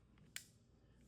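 A polymer +6 magazine extension for an M&P pistol magazine is pushed forward onto the magazine body until it locks. A single sharp click comes at 0.4 s against a quiet background, and the extension clicks in, since pushing forward rather than to the back lets it click in all the way.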